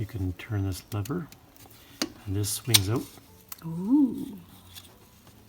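Someone talks while turning a lever on an old adjustable square, or angle tool, and swinging its arm out toward its locked position; sharp ticks of handling are heard near 1.6 s and 2.0 s between the speech. The arm has not locked or clicked into place yet; nothing has seated by the end of the clip.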